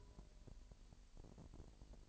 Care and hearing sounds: daily activity, microphone in the room; take from stove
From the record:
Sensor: 5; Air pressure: 1002.0 hPa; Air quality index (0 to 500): 288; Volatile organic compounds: 24 ppm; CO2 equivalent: 2811 ppm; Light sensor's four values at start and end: 20/43/19/21 and 20/42/19/21

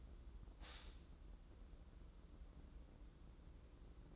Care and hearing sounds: daily activity, microphone in the room; stop toaster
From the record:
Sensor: 3

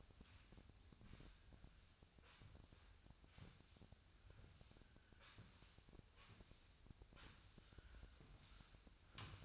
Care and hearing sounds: daily activity, microphone in the room; sweep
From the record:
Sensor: 2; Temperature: 24.9 degrees Celsius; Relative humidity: 39.7%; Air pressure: 1001.5 hPa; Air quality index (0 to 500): 227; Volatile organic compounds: 26 ppm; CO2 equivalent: 2852 ppm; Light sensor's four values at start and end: 8/27/10/10 and 8/27/10/10

